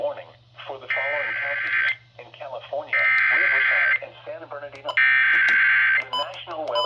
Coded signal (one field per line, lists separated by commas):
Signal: Emergency Alert System (SAME) tones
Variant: header bursts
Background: speech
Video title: NOAA EAS Alert #33/ Radio EAS Alert #7: Flash Flood Warning (FFW) Riverside, San Bernardino Counties